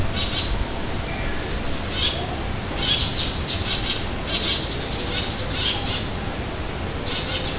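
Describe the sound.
Bird calling with rough, scratchy squawks in short bursts, repeated throughout over steady low rumbling noise.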